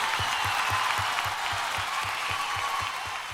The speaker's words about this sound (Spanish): Aplausos para ella, muchas gracias.